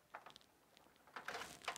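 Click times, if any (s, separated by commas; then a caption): none. A desktop RAM stick is pushed down with the thumbs into DIMM slot one on a motherboard, giving a few short knocks and scrapes around 0.2–0.4 s and a louder cluster of rattly contact noises from about 1.2 s to the end. The module has not clicked into the slot yet.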